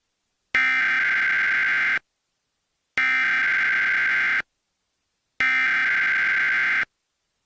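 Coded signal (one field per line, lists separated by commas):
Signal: Emergency Alert System (SAME) tones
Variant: header bursts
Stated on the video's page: Mock EAS/EBS videos with valid tones.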